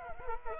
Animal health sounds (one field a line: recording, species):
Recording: mosquito wingbeat signal from an infrared sensor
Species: Culex quinquefasciatus